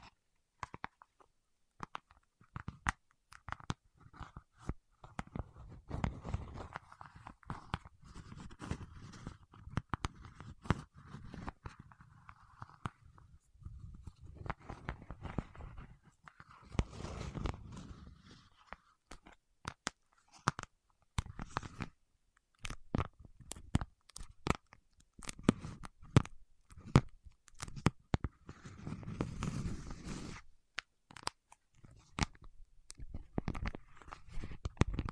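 Wax being worked with the fingertips: a dense run of sharp clicks, crackles and sticky snaps across the whole 35 seconds, in irregular bursts. Softer, duller squishing rises beneath the clicks around 5–12, 15–18 and 28–31 seconds, with brief quieter gaps between bursts.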